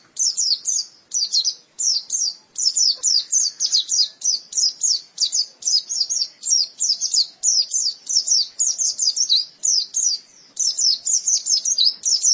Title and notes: Kicauan Burung Pleci Durasi Panjang. Suara kicauan burung pleci